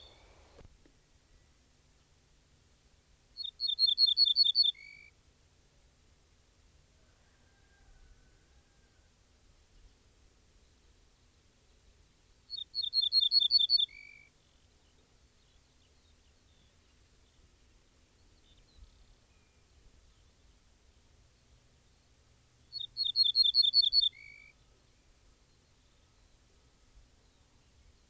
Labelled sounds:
Ortolan Bunting (Emberiza hortulana) song

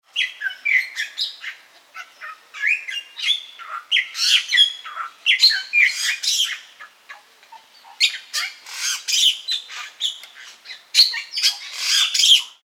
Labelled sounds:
Bali Myna (Leucopsar rothschildi)

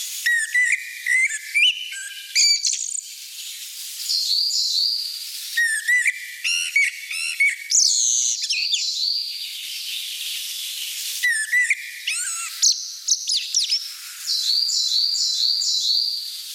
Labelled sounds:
Common Blackbird (Turdus merula) song

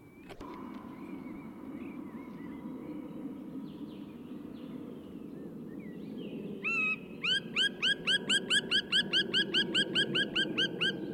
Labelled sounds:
Black Woodpecker (Dryocopus martius) call

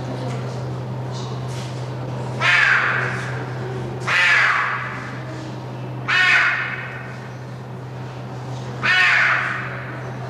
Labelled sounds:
Clouded Leopard (Neofelis nebulosa)

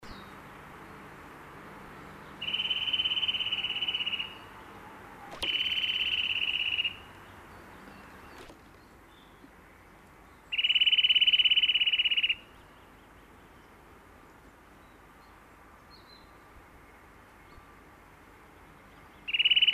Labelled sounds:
Eurasian Nuthatch (Sitta europaea) song

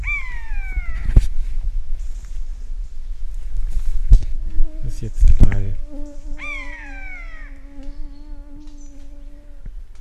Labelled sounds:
Common Buzzard (Buteo buteo) call

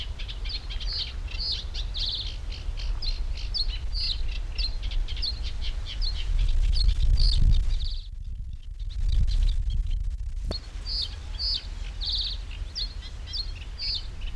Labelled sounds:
Eurasian Reed Warbler (Acrocephalus scirpaceus)

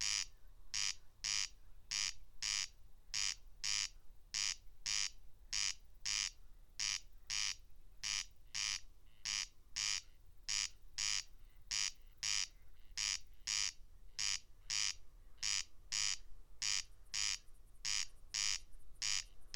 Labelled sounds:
Corn Crake (Crex crex) song

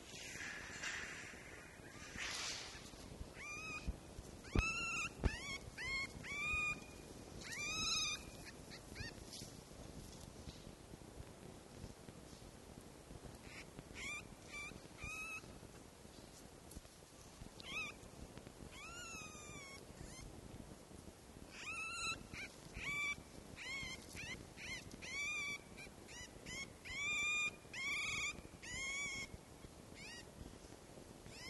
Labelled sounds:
Red Fox (Vulpes vulpes)

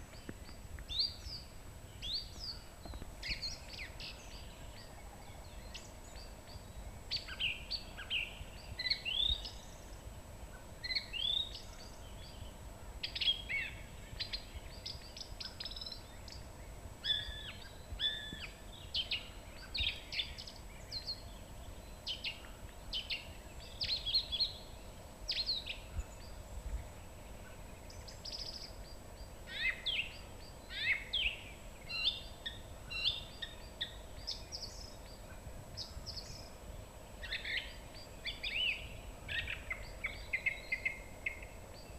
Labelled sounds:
Song Thrush (Turdus philomelos) song

